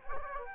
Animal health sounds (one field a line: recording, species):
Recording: mosquito wingbeat signal from an infrared sensor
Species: Culex quinquefasciatus